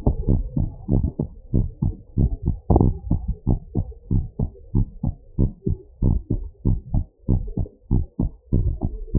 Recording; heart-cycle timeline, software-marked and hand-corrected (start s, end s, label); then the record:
heart sounds
0.00	0.05	S2
0.05	0.29	diastole
0.29	0.45	S1
0.45	0.61	systole
0.61	0.71	S2
0.71	0.93	diastole
0.93	1.09	S1
1.09	1.25	systole
1.25	1.33	S2
1.33	1.55	diastole
1.55	1.69	S1
1.69	1.83	systole
1.83	1.95	S2
1.95	2.19	diastole
2.19	2.31	S1
2.31	2.45	systole
2.45	2.51	S2
2.51	2.71	diastole
2.71	2.87	S1
2.87	3.09	systole
3.09	3.21	S2
3.21	3.47	diastole
3.47	3.59	S1
3.59	3.77	systole
3.77	3.87	S2
3.87	4.11	diastole
4.11	4.25	S1
4.25	4.41	systole
4.41	4.51	S2
4.51	4.75	diastole
4.75	4.87	S1
4.87	5.05	systole
5.05	5.15	S2
5.15	5.39	diastole
5.39	5.51	S1
5.51	5.67	systole
5.67	5.79	S2
5.79	6.03	diastole
6.03	6.17	S1
6.17	6.37	systole
6.37	6.45	S2
6.45	6.67	diastole
6.67	6.79	S1
6.79	6.95	systole
6.95	7.05	S2
7.05	7.29	diastole
7.29	7.43	S1
7.43	7.59	systole
7.59	7.69	S2
7.69	7.93	diastole
7.93	8.07	S1
8.07	8.25	systole
8.25	8.33	S2
8.33	8.57	diastole
8.57	8.73	S1
8.73	8.89	systole
8.89	8.97	S2
8.97	9.17	diastole
9.17	9.19	S1
From the record:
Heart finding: normal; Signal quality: good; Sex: female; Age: 67 years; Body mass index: 30.6